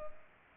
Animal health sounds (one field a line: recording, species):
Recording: mosquito wingbeat signal from an infrared sensor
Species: Culex pipiens